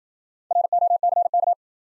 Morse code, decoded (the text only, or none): ROCK